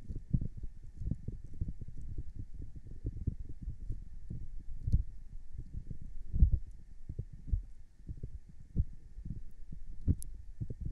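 Ear cleaning and massaging makes a dense run of low, muffled thumps and rubbing pulses, fast and uneven throughout. Stronger bumps land around five, six and a half, and ten seconds, with faint crackles above and a thin steady hum underneath.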